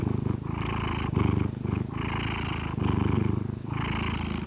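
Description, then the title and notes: Domestic cat purring loudly, a deep rumble in regular breath cycles, with breathy rustling layered over the louder phrases. Happy cat purring. "Cat Cafe and Art. Happy cat purrs"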